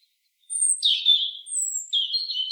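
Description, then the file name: European robin song, a continuous stretch of thin, high whistles and trills, some drawn-out, others quickly warbled. "Erithacus rubecula"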